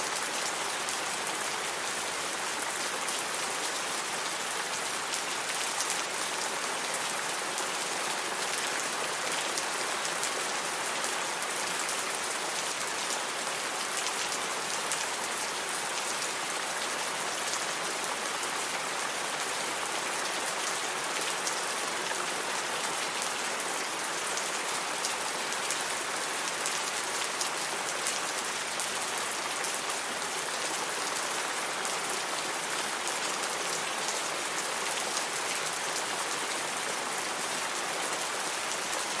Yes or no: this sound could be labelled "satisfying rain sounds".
yes